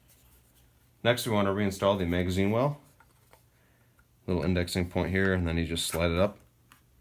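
A magazine well is indexed and slid up onto the receiver of an H&K XM8 rifle (SL8-1 conversion) while someone talks. Faint handling ticks and scrapes are heard in the pause between speech around 3.0–4.0 s and again near 6.7 s. Nothing has seated or clicked into place yet.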